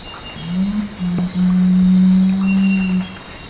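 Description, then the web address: Salvin's Curassow booming call: a deep, steady low hum with a short break near the start, then held for nearly two seconds, over faint high background hiss. Ecuador. "Birds of Ecuador. Salvin's Curassow"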